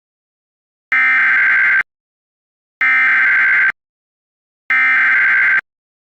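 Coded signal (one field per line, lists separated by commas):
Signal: Emergency Alert System (SAME) tones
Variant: header bursts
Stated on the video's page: Fictional EAS scenario.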